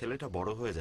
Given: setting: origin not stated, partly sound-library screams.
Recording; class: one-second piece from a danger detection set; normal situation